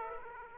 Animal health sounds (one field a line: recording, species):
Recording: mosquito wingbeat signal from an infrared sensor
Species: Aedes aegypti